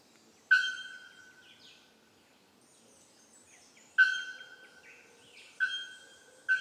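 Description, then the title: Bird song of strong, level whistled notes with abrupt starts, two spaced far apart and then two in quicker succession, with faint high chirps and soft background hiss. Bird song in tropical forest on Ilha Grande, Brazil; species unknown. "Oiseaux à Ilha grande"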